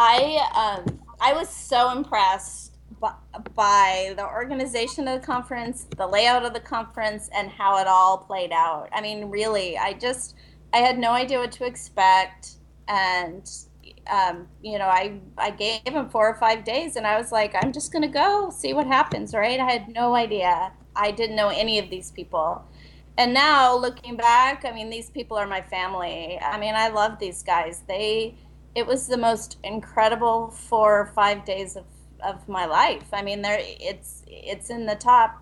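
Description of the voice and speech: An adult woman who stutters speaks warmly and mostly fluently over an internet call, with occasional silent blocks before words, part-word and word repetitions such as "b- by" and "its... its", and some stretched sounds. These mild disfluencies fit adult stuttering. Line noise and slight distortion from the call connection are heard throughout.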